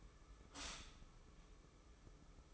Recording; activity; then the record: daily activity, microphone in the room; stop toaster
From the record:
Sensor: 1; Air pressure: 995.3 hPa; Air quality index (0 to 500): 25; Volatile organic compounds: 1 ppm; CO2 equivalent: 508 ppm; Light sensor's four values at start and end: 18/58/21/23 and 18/58/21/23